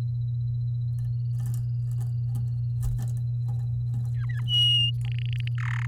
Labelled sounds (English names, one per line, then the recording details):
Domestic Canary song
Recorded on 11 May 2018 at 10:38
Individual llb16